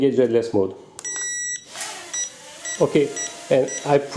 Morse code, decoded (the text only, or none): none